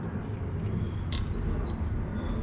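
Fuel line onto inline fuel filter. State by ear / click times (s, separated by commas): seated / 1.1 s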